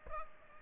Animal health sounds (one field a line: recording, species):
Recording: mosquito wingbeat signal from an infrared sensor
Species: Aedes albopictus